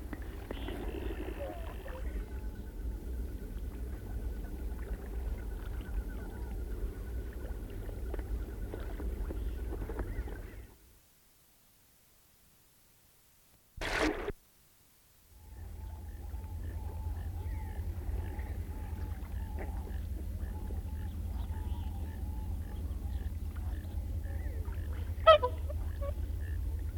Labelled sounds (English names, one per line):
Common Goldeneye